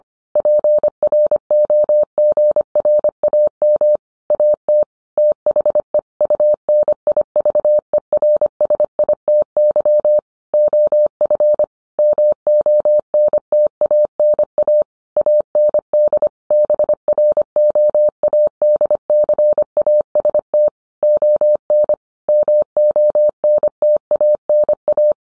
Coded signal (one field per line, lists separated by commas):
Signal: Morse code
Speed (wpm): 25 wpm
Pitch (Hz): 600 Hz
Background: none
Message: PROGRAM AT THE UNIVERSITY OF MONTANA AND BROADCAST ON MONTANA